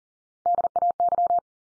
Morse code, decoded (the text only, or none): DAY